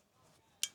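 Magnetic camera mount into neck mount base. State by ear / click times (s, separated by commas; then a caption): seated / 0.6 s. A camera's dedicated magnetic tripod mount snaps onto a magnetic neck mount base with an adjustable chest strap. After a quiet stretch, one sharp, bright click lands at 0.6 s and fades quickly, and the mount locks into place.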